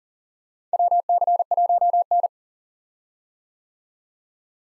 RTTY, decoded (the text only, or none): none